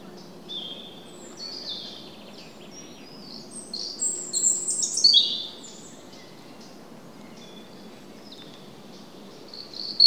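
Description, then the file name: European robin song: scattered thin, high whistled notes and trills, loudest midway, with short gaps between phrases and a constant low background noise. "Erithacus rubecula"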